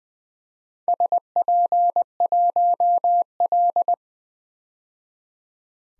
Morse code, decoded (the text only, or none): SP1L